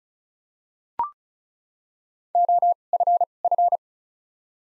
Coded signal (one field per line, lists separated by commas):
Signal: Morse code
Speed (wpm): 36 wpm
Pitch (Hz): 700 Hz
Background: none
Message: O F F